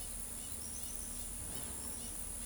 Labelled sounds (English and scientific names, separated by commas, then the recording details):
Tropical Kingbird (Tyrannus melancholicus), Wattled Jacana (Jacana jacana)
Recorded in pastures near Pivijay, Magdalena, Colombia, on 1 June 2023 at 18:00
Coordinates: 10.456, -74.369
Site P6-G026